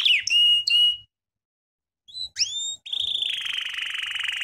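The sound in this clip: American Singer canary giving clear whistled notes, a pause, a few upward-sweeping chirps, then a steady buzzy trill.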